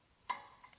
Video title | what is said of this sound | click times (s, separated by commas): GMC Sierra & Chevy Silverado 1500 Rear Brake Replacement DIY - Step-by-Step Guide | lock that on, and that's good to go. | 0.3 s